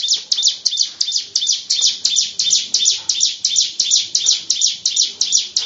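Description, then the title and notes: Bird chirping: a steady run of high, sharp chirps repeated about three times a second, with nothing else prominent. "Bird Sound. Kicau Burung Lengkap"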